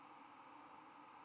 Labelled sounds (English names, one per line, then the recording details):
White-throated Sparrow flight call
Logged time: 04:35 on 11 November 2014